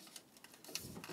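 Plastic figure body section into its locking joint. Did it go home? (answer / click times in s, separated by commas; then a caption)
no / none. A body section of a plastic Wei Jiang Robot Force M02 Armor Inspector collectible robot figure (a Hound from Transformers: Age of Extinction) is pushed in along the side during transformation to fill a gap and lock into its joint. Light plastic handling ticks and rattles are heard, with brief sharp taps near 0.2, 0.8 and 1.0 seconds. The section has not yet clicked into place; nothing has seated by the end of the clip.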